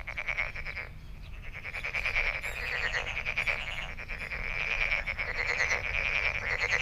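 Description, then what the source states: A frog chorus of rapid pulsed trills, starting in short bursts and then building into an unbroken rattling drone. Recorded 23 May 2008.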